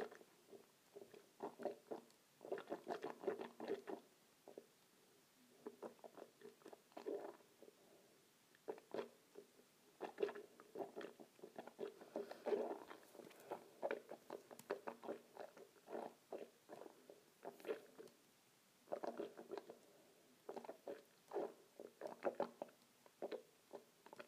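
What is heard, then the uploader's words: Water is swished around in a mouth in wet, sloshing bursts, with rapid clicky squelches packed into runs of a few seconds. Brief pauses break the activity, notably near 5, 9 and 19 seconds, and the sound sits mostly in the low-middle range. ASMR Swishing Water in my Mouth.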